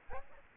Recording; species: mosquito wingbeat signal from an infrared sensor; Aedes albopictus